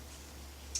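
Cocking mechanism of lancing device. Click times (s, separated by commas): 0.8 s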